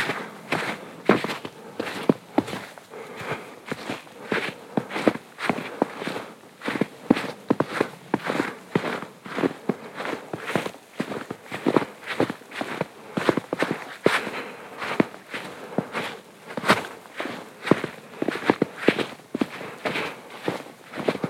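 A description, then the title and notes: Footsteps crunch through fresh snow at a steady walking pace, each step a crisp, bright squeak-and-crush with no gaps longer than a moment. The rhythm holds evenly for the whole stretch, with a few sharper, louder steps scattered throughout and a quiet background. Morning Hike in a Winter Wonderland (Bowman Lake Trail). Listen to the crisp sounds of fresh snow on a morning hike around the frozen lake.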